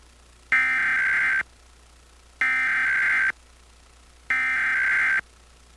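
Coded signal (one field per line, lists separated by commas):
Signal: Emergency Alert System (SAME) tones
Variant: header bursts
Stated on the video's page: Pennsylvania Required Monthly Test received on AM, FM and TV stations and a cable system.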